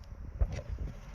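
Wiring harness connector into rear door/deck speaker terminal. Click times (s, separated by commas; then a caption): 0.4 s. A wiring harness connector is pushed into the rear door/deck speaker terminal of a BMW 325i E46 during a rear speaker replacement. A faint click is heard at 0.4 s over low background rumble. The plug latches and is fully seated.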